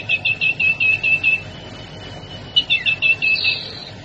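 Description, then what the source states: Sirtu song in two bursts: a row of evenly spaced high chirps joined by a level whistle, a short pause, then another rapid chirping run ending in a buzzier phrase. Masteran training song for cage birds, with the full variety of sirtu song variations.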